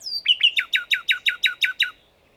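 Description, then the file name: Common nightingale song phrase: a high descending whistle, then about ten loud, evenly repeated sweeping notes in a fast rattling series before it stops abruptly. "Luscinia megarhynchos"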